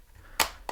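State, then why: Seated. The plastic base of a Globular Cluster F3 magnetic facial interface is lined up with a Meta Quest 3 headset frame and pressed around its edge. Against a faint low background, a sharp broadband click sounds at 0.4 s, followed by a shorter click at 0.7 s. The base seats into the headset, and a tug on both sides confirms it stays put.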